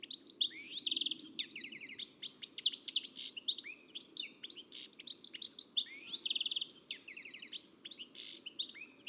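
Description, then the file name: European goldfinch delivering a continuous, lively twitter of high chirps, rapid buzzy rattles and sliding notes, with only brief gaps. "Carduelis carduelis"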